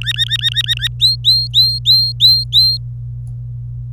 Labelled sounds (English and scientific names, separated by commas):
Domestic Canary (Serinus canaria) song